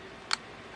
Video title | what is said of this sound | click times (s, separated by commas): 20 YEAR OLD MASTERPEICE - MG Ground Gundam | You will hear it click. Then it will open. | 0.3 s